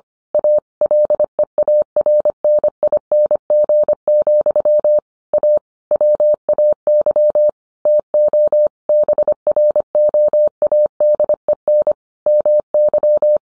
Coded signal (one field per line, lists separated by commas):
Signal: Morse code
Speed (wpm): 25 wpm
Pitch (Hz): 600 Hz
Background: none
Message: A LEARNING, A WAY TO BROADEN MY